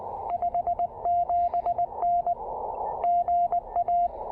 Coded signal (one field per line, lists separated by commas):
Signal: Morse code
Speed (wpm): 18 wpm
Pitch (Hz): 690 Hz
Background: radio noise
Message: 57N GA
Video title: New Year's Day POTA: New VK3IL Pressure Paddle, New FT-817/818 Filter, and New TPA-817 Pack Frame!